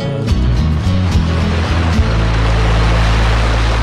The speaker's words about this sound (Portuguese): Aí o ruído das águas da cachoeira.